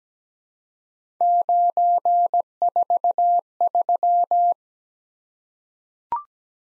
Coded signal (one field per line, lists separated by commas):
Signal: Morse code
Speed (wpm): 17 wpm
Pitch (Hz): 700 Hz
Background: none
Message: 943